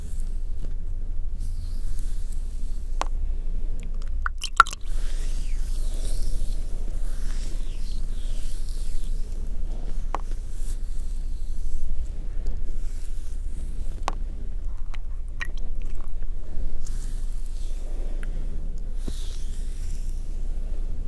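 Soft wet squishing and sloshing liquid sounds over a steady low hum, broken by scattered sharp clicks and taps every few seconds.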